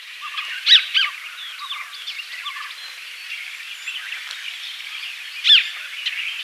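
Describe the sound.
Crested treeswift giving sharp, high sweeping calls, a quick pair early on and another later, amid steady background twittering.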